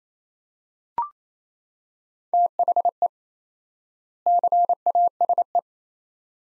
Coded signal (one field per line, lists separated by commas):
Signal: Morse code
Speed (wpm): 27 wpm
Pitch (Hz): 700 Hz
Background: none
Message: THE CASE